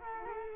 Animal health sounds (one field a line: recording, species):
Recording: mosquito wingbeat signal from an infrared sensor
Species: Culex quinquefasciatus